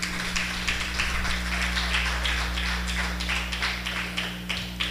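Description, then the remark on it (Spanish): An audience at a church service claps their hands for the Lord, a dense, steady patter of many overlapping claps lasting throughout, with a constant low hum underneath and no voices. “¿Cuántos le dan palmas al Señor?”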